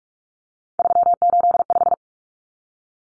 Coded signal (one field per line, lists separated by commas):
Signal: Morse code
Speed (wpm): 44 wpm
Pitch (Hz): 700 Hz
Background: none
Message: 385